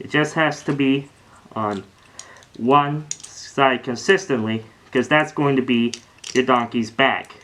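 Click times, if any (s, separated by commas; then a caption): none. Someone talks while plastic toy bricks, a 2 by 3 and a 2 by 2, are handled for pressing onto one side of the legs of a brick model to form the donkey's back. Nothing has seated or clicked into place yet.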